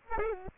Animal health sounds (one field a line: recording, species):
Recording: mosquito wingbeat signal from an infrared sensor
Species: Aedes aegypti